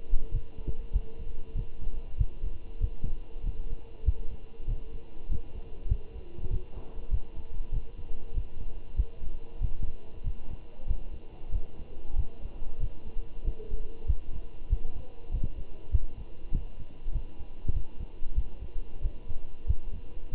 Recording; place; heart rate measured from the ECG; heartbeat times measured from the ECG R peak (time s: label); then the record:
heart sounds by stethoscope; between the tricuspid and mitral areas; 96 bpm
0.33 s: heartbeat
0.94 s: heartbeat
1.56 s: heartbeat
2.19 s: heartbeat
2.81 s: heartbeat
3.44 s: heartbeat
4.06 s: heartbeat
4.68 s: heartbeat
5.30 s: heartbeat
5.90 s: heartbeat
6.51 s: heartbeat
7.11 s: heartbeat
7.73 s: heartbeat
8.35 s: heartbeat
8.97 s: heartbeat
9.62 s: heartbeat
10.25 s: heartbeat
10.88 s: heartbeat
11.53 s: heartbeat
12.17 s: heartbeat
12.81 s: heartbeat
13.45 s: heartbeat
14.08 s: heartbeat
14.70 s: heartbeat
15.32 s: heartbeat
15.92 s: heartbeat
16.53 s: heartbeat
17.13 s: heartbeat
17.74 s: heartbeat
18.36 s: heartbeat
19.03 s: heartbeat
19.68 s: heartbeat
20.32 s: heartbeat
From the record:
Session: walking at 3.7 km/h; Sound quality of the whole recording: good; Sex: male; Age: 23 years